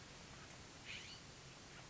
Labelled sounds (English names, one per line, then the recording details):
California Scrub-Jay
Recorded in Sonoma County, California